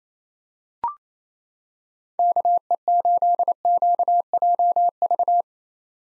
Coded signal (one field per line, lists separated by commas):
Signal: Morse code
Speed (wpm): 28 wpm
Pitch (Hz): 700 Hz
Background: none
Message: KE8QJV